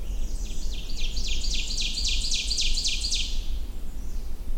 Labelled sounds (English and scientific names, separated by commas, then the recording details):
Ovenbird (Seiurus aurocapilla) song
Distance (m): 20 m
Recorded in boreal forest in Alberta, Canada, on 21 June 2016 at 08:39
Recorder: SongMeter 3, array SBT-6-81
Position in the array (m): 63 m, 130 m
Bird 23